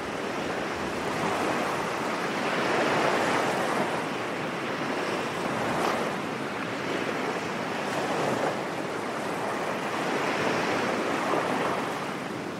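Ocean waves wash steadily onto a beach with a constant hiss of surf, swelling gently every few seconds, with wind rushing throughout.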